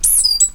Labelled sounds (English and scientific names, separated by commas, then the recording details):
Stitchbird (Notiomystis cincta) song
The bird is a male
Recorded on Tiritiri Matangi Island, New Zealand, in 2005
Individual 10, of nest box 12